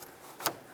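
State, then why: Seated. A wiring connector is pushed onto the mass airflow sensor of a 2006-2010 Ford Explorer and locked in. A soft push begins around 0.4 s, followed by a sharp, bright click at 0.5 s as the connector seats.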